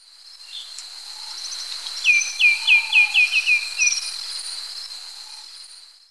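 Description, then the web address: White-winged becard song of about eight sweet, down-slurred whistles in an even series, over a loud continuous insect whine. Ecuador. "Natures Songs S America Birds of Ecuador White-winged Becard"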